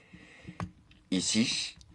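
Someone handles the plastic thigh piece of a Blokees Transformers Defender Version Devastator combining robot figure, positioning it to clip into the leg assembly, with small plastic taps and brief talk. Nothing has seated or clicked yet; the clip ends just before the part goes home.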